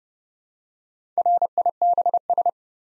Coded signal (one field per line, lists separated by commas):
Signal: Morse code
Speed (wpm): 30 wpm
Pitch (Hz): 700 Hz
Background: none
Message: RIBS